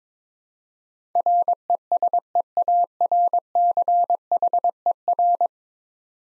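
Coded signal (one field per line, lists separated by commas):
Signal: Morse code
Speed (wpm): 22 wpm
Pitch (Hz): 700 Hz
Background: none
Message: RESEARCHER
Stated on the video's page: Ten-letter word head-copy practice at 22 wpm; each word sent, spoken, then sent again.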